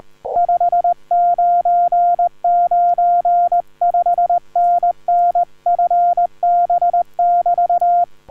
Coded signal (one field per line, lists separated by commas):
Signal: Morse code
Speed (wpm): 20 wpm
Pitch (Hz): 690 Hz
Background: none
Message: 5995 NN FB <BT>